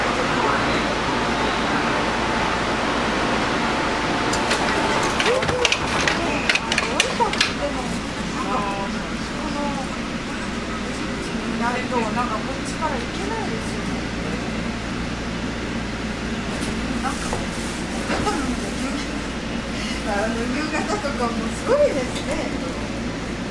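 Inside a local train on the Nippō Line, a steady low rumble and hum run under the whole recording. Voices talk over it throughout, with clusters of sharp clicks and knocks around 5 to 8 seconds and again near 17 to 22 seconds.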